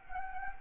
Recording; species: mosquito wingbeat signal from an infrared sensor; Anopheles gambiae